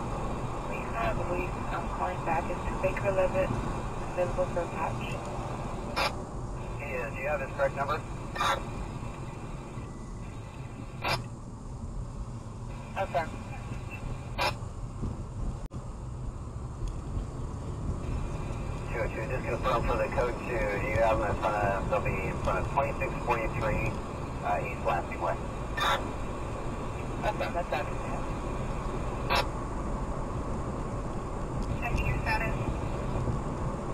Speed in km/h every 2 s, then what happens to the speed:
63, 60, 53, 48, 42, 34, 26, 24, 32, 45, 56, 64, 71, 72, 77, 79, 81.
0-14 slows to 24. 14-34 speeds up to 81.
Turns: 11-17.